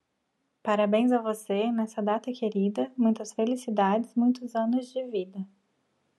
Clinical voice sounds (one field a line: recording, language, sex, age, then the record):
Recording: short text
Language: Brazilian Portuguese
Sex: female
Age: 30 to 39 years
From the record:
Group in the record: control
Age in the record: 38 years